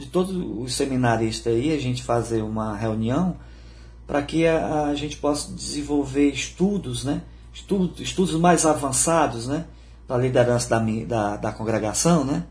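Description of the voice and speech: Adult man speaking Portuguese with stuttering: repeated words and syllables, such as a triple 'da', alongside filler words.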